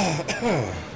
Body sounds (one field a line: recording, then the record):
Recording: coughing mixed with background sound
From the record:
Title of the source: Dry Afternoon Cough